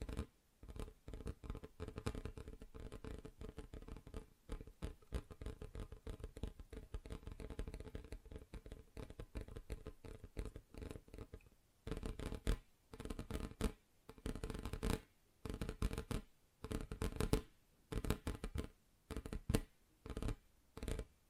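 Fingers tap rapidly on different surfaces, a dense steady patter for twelve seconds, then shorter bursts of quick taps separated by brief pauses.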